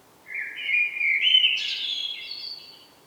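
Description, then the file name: Common blackbird singing a single rich, warbling phrase that rises in steps and ends in a higher, squeaky twitter, with a quiet background. "Turdus merula"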